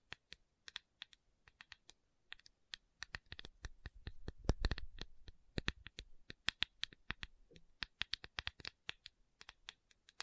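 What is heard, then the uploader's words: Tapping throughout, a dense run of sharp, crisp clicks that come in quick irregular bursts. The taps crowd together and get louder around the middle, with a faint low rumble underneath, then thin out again toward the end. No voice is heard. Tapping Session (No Talking).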